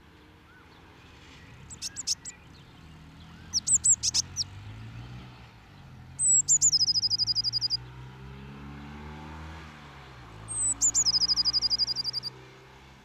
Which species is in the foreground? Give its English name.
Eurasian Blue Tit